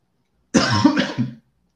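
A single harsh, noisy cough of just under a second from an adult woman, ending in a short second push as the air runs out. It is a reflex cough after briefly choking, with no wheeze or other breath sounds around it.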